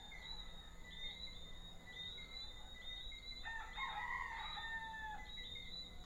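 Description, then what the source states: Frogs and roosters: high, chirping notes from small frogs repeat rapidly throughout; midway a rooster breaks in with a loud, rasping crow lasting under two seconds. Small frogs and roosters in an early evening soundscape at Deshaies, Guadeloupe, recorded on 19 September 2019.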